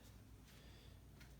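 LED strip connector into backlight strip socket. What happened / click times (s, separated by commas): Handled, no seating click yet / none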